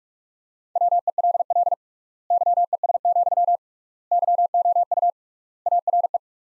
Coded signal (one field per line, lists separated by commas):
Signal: Morse code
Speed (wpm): 46 wpm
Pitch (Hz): 700 Hz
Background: none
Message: WELL YES, YOU ARE